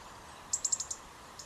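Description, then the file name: European robin call: a quick run of five sharp high ticks, then one faint tick after a short pause. "Erithacus rubecula"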